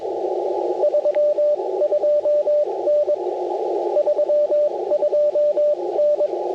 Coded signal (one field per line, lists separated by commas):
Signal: Morse code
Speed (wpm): 21 wpm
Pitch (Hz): 590 Hz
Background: radio noise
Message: 32N 32N